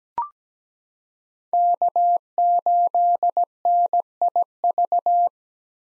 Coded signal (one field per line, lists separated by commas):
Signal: Morse code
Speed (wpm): 17 wpm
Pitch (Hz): 700 Hz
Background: none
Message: K8NIV